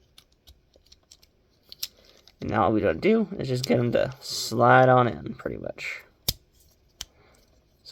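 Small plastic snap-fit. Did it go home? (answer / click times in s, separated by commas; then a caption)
yes / 6.3 s, 7.0 s. A plastic front half is lined up with the matching area and slid onto a toy marble-shooter core while someone talks, with small faint clicks and rustles underneath. Two sharp plastic snaps at 6.3 s and 7.0 s mark the front half clicking into place, seated on the core.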